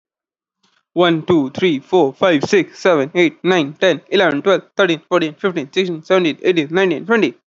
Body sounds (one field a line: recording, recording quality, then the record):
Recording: counting at a fast pace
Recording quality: excellent, no background noise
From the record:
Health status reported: exposed to COVID-19, no respiratory illness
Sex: male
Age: 21 years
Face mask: not worn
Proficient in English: yes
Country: India